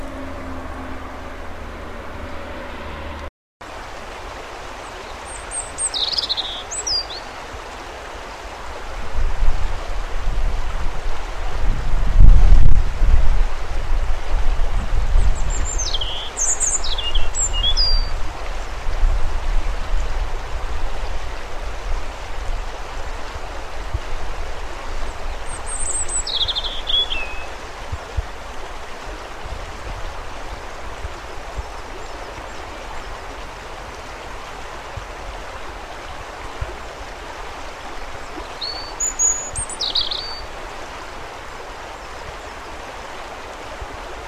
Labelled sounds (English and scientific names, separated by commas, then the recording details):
European Robin (Erithacus rubecula) song
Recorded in the wild
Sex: male
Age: adult
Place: Birken-Honigsessen, Westerwald, Rheinland-Pfalz, DE
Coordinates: 50.8192, 7.76194
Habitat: mixed forest
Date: 1992-03-18 15:09
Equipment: Aiwa HD-S1, Sennheiser ME 80, 1:1 Kopie
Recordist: Frommolt, Karl-Heinz
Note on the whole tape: Gesang: 12 Strophen. Kurze Unterbrechung der Aufnahme